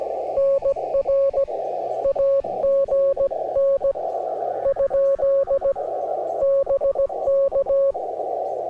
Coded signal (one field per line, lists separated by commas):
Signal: Morse code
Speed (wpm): 17 wpm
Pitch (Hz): 550 Hz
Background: radio noise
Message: NR AGN ? BK